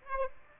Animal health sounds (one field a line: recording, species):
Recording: mosquito wingbeat signal from an infrared sensor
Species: Aedes aegypti